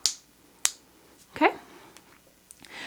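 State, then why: Seated. Two snap clips on either side of a Jon Renau Top Smart 18 Inch Lace Front Topper in shade 6F27 are scooped under the wearer's own hair and pushed down until they snap shut. Two sharp snaps are heard at 0.1 s and 0.7 s, so the clips are seated. Someone then talks briefly, followed by a few faint ticks and light rustling.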